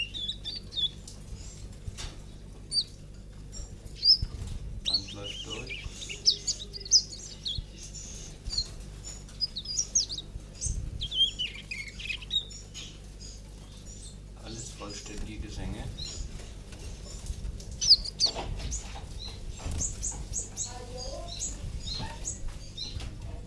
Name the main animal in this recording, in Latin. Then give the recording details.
Phylloscopus trochilus. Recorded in captivity. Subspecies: trochilus. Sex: group. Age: juvenile. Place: Zoologisches Institut Universität Tübingen, Baden-Württemberg, DE. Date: 1964-06-07 10:35. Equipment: Nagra III PH, dynamisches Mikrophon, LGS26. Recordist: Schneider, Hans-Joachim